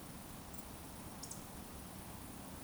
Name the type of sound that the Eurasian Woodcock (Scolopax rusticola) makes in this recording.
whistle